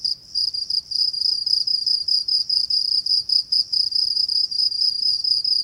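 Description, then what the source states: Cricket trilling, shrill, pulsed and rhythmic with short gaps every fraction of a second, over a quiet background. Binaural.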